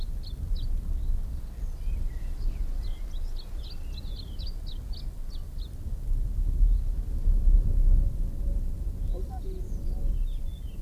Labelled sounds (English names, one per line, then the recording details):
Canary Islands Chiffchaff song
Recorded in the wild
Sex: male
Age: adult
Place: Puerto de la Cruz, Teneriffa, Teneriffa, Kanarische Inseln, ES
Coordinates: 28.4139, -16.5483
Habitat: park
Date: 1964-04-27 10:07
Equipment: Nagra III PH, LGS26
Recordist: Schneider, Hans-Joachim